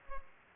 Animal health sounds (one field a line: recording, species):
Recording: mosquito wingbeat signal from an infrared sensor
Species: Culex pipiens